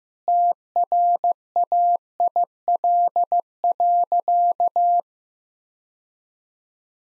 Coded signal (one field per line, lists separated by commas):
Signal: Morse code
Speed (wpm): 15 wpm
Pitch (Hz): 700 Hz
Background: none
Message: TRAIL.